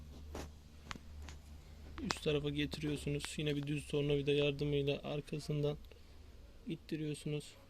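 A plastic seal ring is being worked onto a cleaned LPG gas injector by hand while someone talks, with a few faint ticks and handling noises around 0.9 s and 2.1 s. The ring has not seated or clicked into place yet by the end of the clip.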